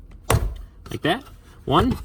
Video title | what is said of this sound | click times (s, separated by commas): Chevy Cobalt Cabin Air Filter Removal!!! Easy! | so you're just gonna hear a little click like | 0.3 s